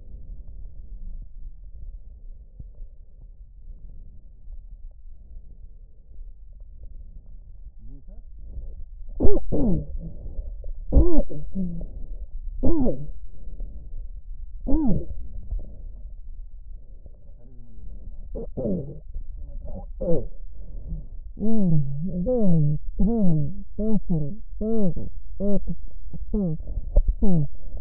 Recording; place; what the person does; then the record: lung sounds by stethoscope; right posterior apical chest; quiet breathing, then cough and speech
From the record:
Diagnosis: interstitial lung disease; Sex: female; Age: 72 years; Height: 153 cm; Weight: 71 kg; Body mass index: 30.3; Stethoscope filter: extended mode